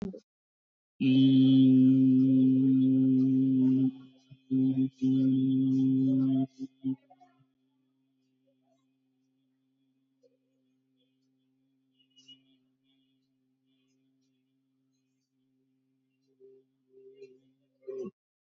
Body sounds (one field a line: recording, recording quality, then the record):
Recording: sustained vowel as in beet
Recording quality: excellent, no background noise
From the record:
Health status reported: recovered from COVID-19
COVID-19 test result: positive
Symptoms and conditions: cough, cold, fever, loss of smell and taste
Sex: male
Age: 32 years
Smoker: not ticked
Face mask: not worn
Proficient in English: yes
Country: India